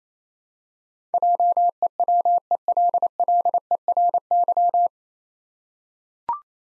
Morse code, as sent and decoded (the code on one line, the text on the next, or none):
.--- . .-- . .-.. .-.. . .-. -.--
JEWELLERY